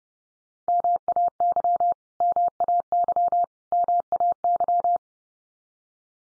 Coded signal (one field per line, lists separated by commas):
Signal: Morse code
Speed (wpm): 30 wpm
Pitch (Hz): 700 Hz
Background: none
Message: MAY MAY MAY